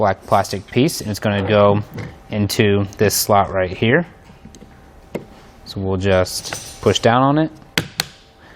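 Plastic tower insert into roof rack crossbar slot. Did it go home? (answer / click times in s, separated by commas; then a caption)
yes / 7.8 s, 8.0 s. A black plastic piece from a Yakima RidgeLine baseline tower kit is pushed down into its slot on a flipped-over roof rack crossbar for flush rails on a 2019 Hyundai Santa Fe. Someone talks, then after a couple of faint taps, two sharp, loud clicks sound at 7.8 and 8.0 seconds as the piece seats in place.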